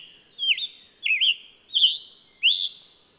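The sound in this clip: Bird song of four twisting whistled phrases, looping down and back up, spaced roughly every seven-tenths of a second, the last one rising steeply.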